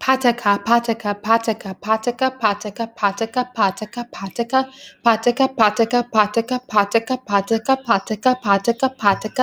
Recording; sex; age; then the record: repeated syllables /pa ta ka/; female; 30 to 39 years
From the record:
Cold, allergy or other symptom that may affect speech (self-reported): no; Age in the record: 30 years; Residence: Michigan, United States